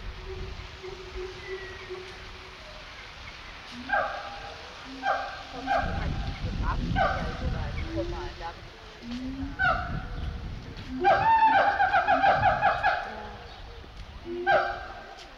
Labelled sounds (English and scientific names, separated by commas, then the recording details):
Siamang (Symphalangus syndactylus)
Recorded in captivity
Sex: pair
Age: adult
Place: Zoo Berlin, Berlin, DE
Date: 1988-07-23
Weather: sonnig, 21-30°C
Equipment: 19 cm Stereo
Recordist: Tembrock, Günter